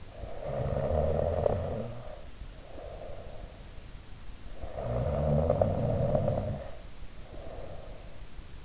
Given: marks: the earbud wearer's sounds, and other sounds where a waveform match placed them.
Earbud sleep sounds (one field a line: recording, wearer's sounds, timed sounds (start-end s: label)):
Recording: sounds in sleep by an in-ear microphone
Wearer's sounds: snoring breath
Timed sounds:
0.00-3.71 s: snoring breath
4.57-8.28 s: snoring breath